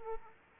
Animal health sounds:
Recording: mosquito wingbeat signal from an infrared sensor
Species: Aedes aegypti

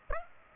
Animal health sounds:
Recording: mosquito wingbeat signal from an infrared sensor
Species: Aedes aegypti

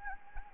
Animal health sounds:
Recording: mosquito wingbeat signal from an infrared sensor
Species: Anopheles gambiae

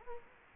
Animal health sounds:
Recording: mosquito wingbeat signal from an infrared sensor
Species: Culex quinquefasciatus

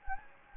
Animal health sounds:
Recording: mosquito wingbeat signal from an infrared sensor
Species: Anopheles gambiae

